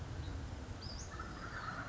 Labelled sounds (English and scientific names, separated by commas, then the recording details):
Western Flycatcher (Empidonax difficilis)
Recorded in Sonoma County, California